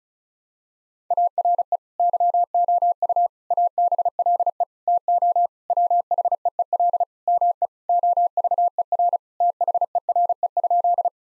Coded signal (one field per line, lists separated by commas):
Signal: Morse code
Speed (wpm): 34 wpm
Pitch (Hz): 700 Hz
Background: none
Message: ARE YOU ABLE TO WHEEL ME OVER THERE?